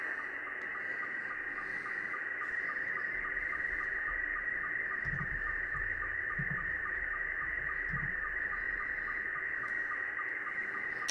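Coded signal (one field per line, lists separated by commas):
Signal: SSTV (slow-scan television)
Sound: warbling tone around 1.5-2.3 kHz with steady rhythmic low sync ticks, under hiss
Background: radio static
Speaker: so this seems to be the same uh over a guy again sending out some slow scan television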